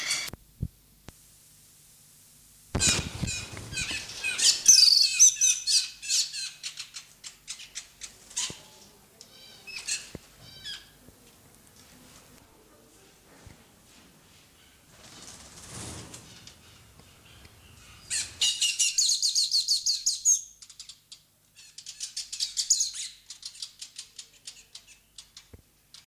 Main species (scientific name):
Aplonis metallica